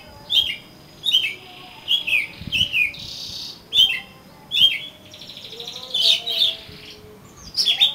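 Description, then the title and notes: Oriental magpie-robin singing a repeated series of short, clear descending whistles, interspersed with a couple of harsher buzzy notes. "suara kacer. kumpulan suara burung kacer"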